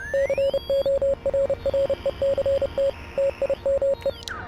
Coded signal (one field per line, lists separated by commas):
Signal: Morse code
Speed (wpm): 30 wpm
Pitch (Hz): 550 Hz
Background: music, radio noise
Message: CORRECT TIME